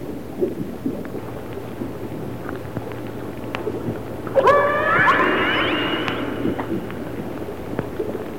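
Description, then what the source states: Orca call, a single upward-bending harmonic squeal rising out of quiet low water noise and faint clicks. Resident orcas of the A clan.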